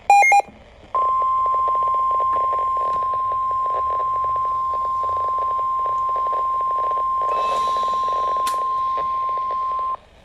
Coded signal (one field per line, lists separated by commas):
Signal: Emergency Alert System (SAME) tones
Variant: 1050 Hz attention tone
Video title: EAS Alerts from April 14-15, 2024 [EAS #1,302-1,313]